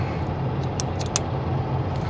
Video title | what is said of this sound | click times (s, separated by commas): Replacing #4 injector connector on the road.PO204 | heard it all clicked together it's | 0.8 s, 1.2 s